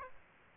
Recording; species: mosquito wingbeat signal from an infrared sensor; Aedes aegypti